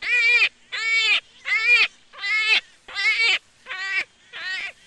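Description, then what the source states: Jackrabbit squeals: seven loud, harmonic, slightly wavering cries, each about half a second long, repeated roughly every 0.7 seconds with short silent gaps. Juvenile.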